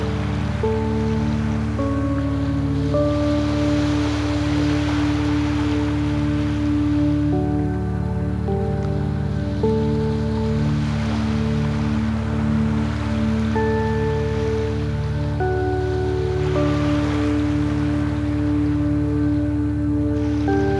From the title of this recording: Soft Chimes and Waves